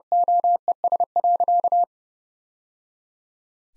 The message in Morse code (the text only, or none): OES.